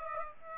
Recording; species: mosquito wingbeat signal from an infrared sensor; Aedes aegypti